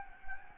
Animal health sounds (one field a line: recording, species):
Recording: mosquito wingbeat signal from an infrared sensor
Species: Anopheles gambiae